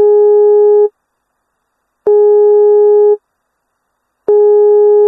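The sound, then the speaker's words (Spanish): A telephone busy signal on a call to Carlos Corbalán, president of the Administración de Parques Nacionales: a steady, low electronic tone switching on and off in even, roughly one-second pulses, repeating three times with no voices. “Teléfono para Carlos Corbalán, presidente de la Administración de Parques Nacionales, que parece que no escucha lo que dice la presidenta de la Nación.”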